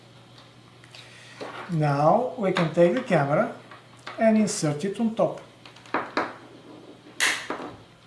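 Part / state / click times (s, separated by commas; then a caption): camera module onto top of pan and tilt mount / seated / 5.9 s, 6.2 s. Someone talks, then a small camera module is inserted onto the top of a plastic pan and tilt mount. Two sharp clicks at 5.9 s and 6.2 s mark the camera snapping into place, leaving it seated on the mount.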